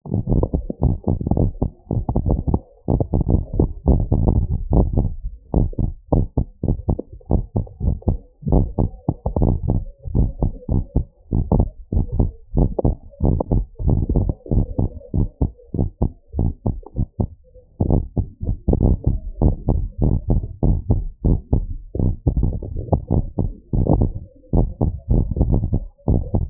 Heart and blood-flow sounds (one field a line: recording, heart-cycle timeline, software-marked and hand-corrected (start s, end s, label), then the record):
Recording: heart sounds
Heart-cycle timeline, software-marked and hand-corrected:
0.00	5.54	noise
5.54	5.68	S1
5.68	5.84	systole
5.84	5.92	S2
5.92	6.14	diastole
6.14	6.24	S1
6.24	6.38	systole
6.38	6.46	S2
6.46	6.70	diastole
6.70	6.80	S1
6.80	6.96	systole
6.96	7.06	S2
7.06	7.32	diastole
7.32	7.44	S1
7.44	7.56	systole
7.56	7.64	S2
7.64	7.86	diastole
7.86	7.96	S1
7.96	8.08	systole
8.08	8.20	S2
8.20	8.48	diastole
8.48	8.66	S1
8.66	8.88	systole
8.88	9.02	S2
9.02	9.34	diastole
9.34	9.52	S1
9.52	9.70	systole
9.70	9.84	S2
9.84	10.14	diastole
10.14	10.28	S1
10.28	10.42	systole
10.42	10.50	S2
10.50	10.72	diastole
10.72	10.84	S1
10.84	10.96	systole
10.96	11.06	S2
11.06	11.34	diastole
11.34	11.46	S1
11.46	11.58	systole
11.58	11.68	S2
11.68	11.94	diastole
11.94	12.06	S1
12.06	12.18	systole
12.18	12.30	S2
12.30	12.56	diastole
12.56	12.70	S1
12.70	12.86	systole
12.86	12.96	S2
12.96	13.24	diastole
13.24	13.38	S1
13.38	13.52	systole
13.52	13.64	S2
13.64	13.86	diastole
13.86	14.00	S1
14.00	14.12	systole
14.12	14.28	S2
14.28	14.52	diastole
14.52	14.66	S1
14.66	14.80	systole
14.80	14.90	S2
14.90	15.16	diastole
15.16	15.28	S1
15.28	15.42	systole
15.42	15.52	S2
15.52	15.78	diastole
15.78	15.88	S1
15.88	16.02	systole
16.02	16.12	S2
16.12	16.40	diastole
16.40	16.52	S1
16.52	16.66	systole
16.66	16.76	S2
16.76	17.00	diastole
17.00	17.10	S1
17.10	17.28	systole
17.28	17.36	S2
17.36	17.90	diastole
17.90	18.02	S1
18.02	18.24	systole
18.24	18.32	S2
18.32	18.82	diastole
18.82	18.96	S1
18.96	19.08	systole
19.08	19.18	S2
19.18	19.42	diastole
19.42	19.56	S1
19.56	19.70	systole
19.70	19.82	S2
19.82	20.04	diastole
20.04	20.16	S1
20.16	20.30	systole
20.30	20.44	S2
20.44	20.68	diastole
20.68	20.80	S1
20.80	20.90	systole
20.90	21.02	S2
21.02	21.26	diastole
21.26	21.38	S1
21.38	21.52	systole
21.52	21.64	S2
21.64	21.86	diastole
21.86	21.92	S1
21.92	22.06	systole
22.06	22.16	S2
22.16	22.38	diastole
22.38	22.52	S1
22.52	22.72	systole
22.72	22.84	S2
22.84	23.12	diastole
23.12	23.26	S1
23.26	23.44	systole
23.44	23.54	S2
23.54	23.84	diastole
23.84	24.02	S1
24.02	24.20	systole
24.20	24.28	S2
24.28	24.54	diastole
24.54	24.68	S1
24.68	24.82	systole
24.82	24.92	S2
24.92	25.12	diastole
25.12	25.26	S1
25.26	25.40	systole
25.40	25.54	S2
25.54	25.78	diastole
25.78	25.88	S1
25.88	26.08	systole
26.08	26.20	S2
26.20	26.42	diastole
26.42	26.50	S1
From the record:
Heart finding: abnormal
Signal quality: good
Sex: male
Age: 61 years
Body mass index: 33